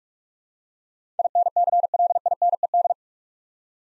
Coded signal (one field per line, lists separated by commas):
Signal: Morse code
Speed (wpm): 44 wpm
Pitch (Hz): 700 Hz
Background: none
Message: INCLINED